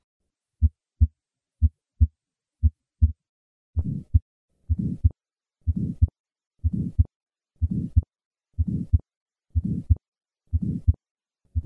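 Regular heart sounds at about 60 beats a minute. The first few beats are clean lub-dub pairs. After that, a soft, low, rumbling murmur fills the gap between the first and second sounds in every beat. This is an innocent systolic murmur, a harmless flow sound.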